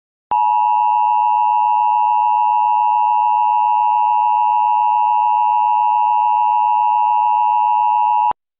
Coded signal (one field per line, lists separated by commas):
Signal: Emergency Alert System (SAME) tones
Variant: 853 and 960 Hz attention tone